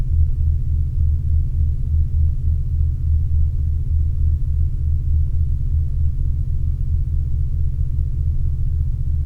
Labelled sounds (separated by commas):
man-made sound